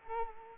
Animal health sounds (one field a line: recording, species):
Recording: mosquito wingbeat signal from an infrared sensor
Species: Culex quinquefasciatus